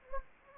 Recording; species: mosquito wingbeat signal from an infrared sensor; Anopheles gambiae